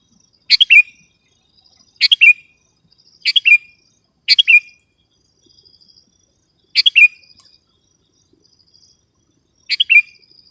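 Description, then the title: Sooty-headed bulbul song: six brief liquid bubbling phrases, repeated at uneven gaps of one to three seconds, over near silence. "kutilang"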